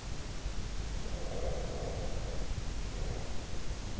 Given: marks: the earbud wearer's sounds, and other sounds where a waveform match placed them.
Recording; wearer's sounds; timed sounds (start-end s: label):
sounds in sleep by an in-ear microphone; breath
1.01-3.87 s: breath